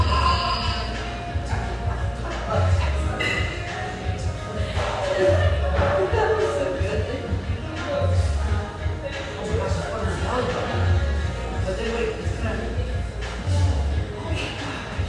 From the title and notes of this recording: Sellwood, Portland, Oregon. Family-oriented, high-ceilinged java joint near Portland's Willamette riverfront.